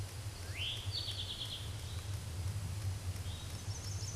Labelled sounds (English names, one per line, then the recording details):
Eastern Towhee song
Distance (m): 25 m
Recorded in a Pennsylvania forest on 17 May 2023 at 12:52
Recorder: AudioMoth, point grid1_32_low
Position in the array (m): 112 m, 102 m